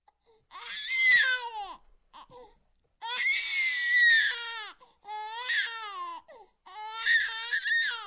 Baby Crying, Out Of Breath, Human.